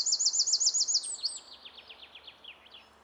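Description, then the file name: Eurasian wren song: a fast, very high trill of evenly repeated notes that fades into a softer, slower series of descending ticks. "Troglodytes troglodytes"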